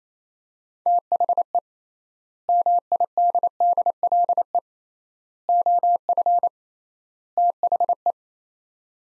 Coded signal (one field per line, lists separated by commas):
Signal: Morse code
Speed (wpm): 27 wpm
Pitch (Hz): 700 Hz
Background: none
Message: THE MIDDLE OF THE